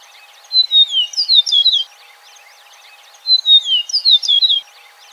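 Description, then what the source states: Eastern meadowlark singing two whistled phrases about three seconds apart, each with sweet descending slurs ending in rapid twittering notes; a low constant hum runs underneath. Recorded on 4 January 2007.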